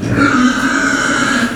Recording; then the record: squeal of a Yucatan mini pig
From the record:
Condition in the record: after surgery on the right vocal fold (resection and tissue-engineered implant); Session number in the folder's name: 6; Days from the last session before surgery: 40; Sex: female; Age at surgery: 19 weeks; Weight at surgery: 25 kg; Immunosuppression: prednisolone